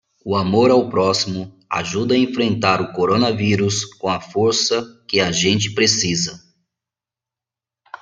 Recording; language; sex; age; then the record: spoken sentence; Brazilian Portuguese; male; 40 to 49 years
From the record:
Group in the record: control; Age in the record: 40 years